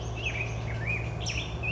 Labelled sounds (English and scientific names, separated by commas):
California Towhee (Melozone crissalis)